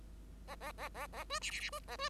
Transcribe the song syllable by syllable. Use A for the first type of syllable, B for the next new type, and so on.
A A A A A B C C C B A B